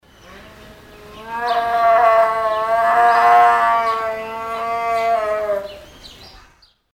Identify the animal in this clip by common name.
Jaguar